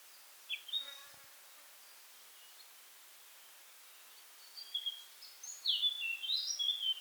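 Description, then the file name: Eurasian blackcap song: a brief high twitter, a long pause, then a warbled phrase near the end. "Sylvia atricapilla"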